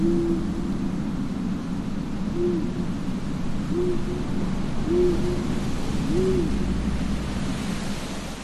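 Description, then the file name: Owl, a series of about five soft low hoots with rising-falling arcs, heard through a steady roaring wind. Night graveyard ambience with wind and an owl; horror sound effect. "zapsplat. horror gravyard ambience night wind owl church bell"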